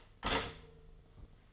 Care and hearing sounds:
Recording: daily activity, microphone in the room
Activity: stop toaster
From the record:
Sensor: 4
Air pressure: 1015.5 hPa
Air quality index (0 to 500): 205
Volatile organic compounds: 11 ppm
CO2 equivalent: 2286 ppm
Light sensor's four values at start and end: 4/8/3/2 and 4/8/3/2

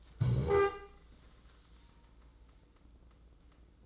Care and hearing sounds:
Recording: daily activity, microphone in the room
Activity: stand up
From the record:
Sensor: 3

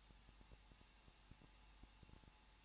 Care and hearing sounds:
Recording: daily activity, microphone in the room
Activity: no activity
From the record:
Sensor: 1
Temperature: 20.1 degrees Celsius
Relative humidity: 39.1%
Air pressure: 1006.5 hPa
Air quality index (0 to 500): 216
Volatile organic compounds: 73 ppm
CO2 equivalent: 3545 ppm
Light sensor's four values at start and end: 1/2/1/1 and 1/2/1/1

